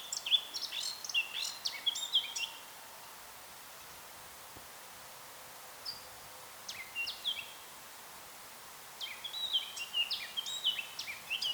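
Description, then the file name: Eurasian blackcap song, a busy warbled phrase at the start, a short softer phrase midway, and another warbling burst toward the end. "Sylvia atricapilla"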